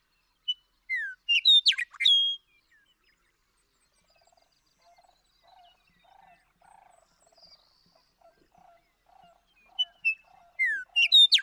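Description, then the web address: Western meadowlark songs, two flute-like gurgling phrases about nine seconds apart, with faint soft repeated lower notes in between. "birdsongforthecurious Western Meadowlark"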